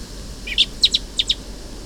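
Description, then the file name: Eurasian blackbird calling with a short run of thin, sharp notes, mostly in pairs, over faint background hiss. "Turdus merula"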